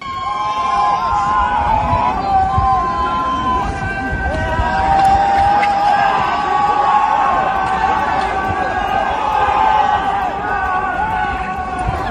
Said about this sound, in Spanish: muchos chavales y no tan chavales se han vuelto locos y han montado un Fortnite en vivo en Callao, ¿vale? Y así sonaba la guerra de bolas de nieve que se ha hecho, mira.